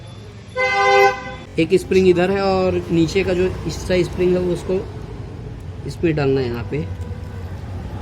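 An extra spring is being handled for fitting into the inner slot of a Piaggio Vespa scooter's timing/tensioner assembly. A short horn-like tone sounds near the start while someone talks over low background noise. Nothing has seated or clicked yet.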